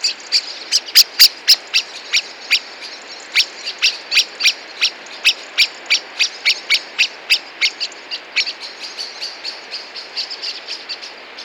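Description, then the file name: Common blackbird uttering a long run of loud, sharp chink calls, evenly spaced about three or four per second, clear above a quiet background. "Turdus merula"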